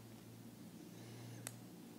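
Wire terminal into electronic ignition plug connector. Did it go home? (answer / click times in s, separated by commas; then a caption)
yes / 1.5 s. The black wire's terminal on an MGB is pushed into the middle position of the electronic ignition plug connector. A single short, sharp click is heard at 1.5 seconds over a steady low hum, and the terminal seats, so the connection is made.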